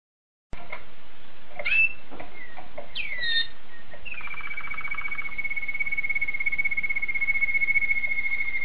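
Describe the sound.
Domestic canary song: after a moment of silence, a few swept notes lead into a long, level whistle held for several seconds, with a faint trill under its start.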